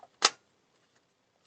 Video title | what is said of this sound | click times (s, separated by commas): PlayStation 4 Pro Not Taking In Discs After Customer Cleaned Console - Diagnosis & Repair! | i see that's locked in i think is it | 0.2 s